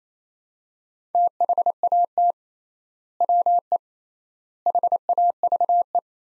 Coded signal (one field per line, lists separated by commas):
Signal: Morse code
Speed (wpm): 28 wpm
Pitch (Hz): 700 Hz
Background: none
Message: THAT WE HAVE